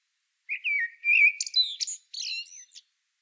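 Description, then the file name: Common blackbird giving one song phrase, a smooth mellow whistled warble that breaks into a rapid, high, squeaky twitter at the end. "Turdus merula"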